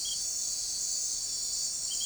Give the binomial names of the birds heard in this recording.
none